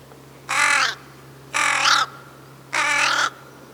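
Crow giving three loud, raspy caws, each about half a second long, at an unhurried pace over a faint steady hum.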